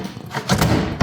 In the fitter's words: you're gonna hear it click, and then it's already in.